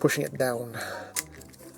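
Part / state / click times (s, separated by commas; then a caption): plastic roof panel into a transforming car-robot figure body / seated / 1.2 s. Someone talks while the plastic roof panel of a DX9 Red Storm transforming car-robot figure is flexed up and over the window part and pressed home, rather than pushed straight down, which would compress the window. The roof panel snaps into place with a sharp click at 1.2 s, followed by a couple of faint ticks.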